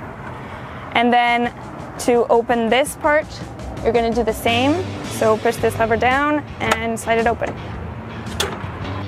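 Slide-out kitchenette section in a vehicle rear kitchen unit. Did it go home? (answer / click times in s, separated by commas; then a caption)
yes / 8.4 s. Someone talks while a second slide-out kitchenette section of a rear kitchen unit in a 2021 Jeep Wrangler Unlimited Sport 2.0 is opened the same way as the previous one, with its lever pushed down and the section slid out. A single sharp click at 8.4 seconds marks the section latching open and seated.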